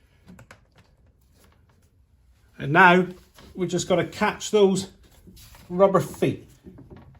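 During an air filter change on a Seat Arona, the airbox's rubber mounting foot is handled toward its rubber grommet, with a few faint soft clicks and rustles in the first two seconds before someone talks. Nothing has seated or clicked into the grommet yet.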